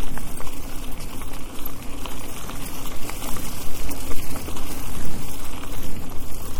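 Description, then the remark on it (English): Dense, steady rain drums hard on a car roof, a continuous loud patter with a low rumble underneath and no pauses or voices. “It's raining so hard. I don't understand how my roof is jumping buckets of water in my car.”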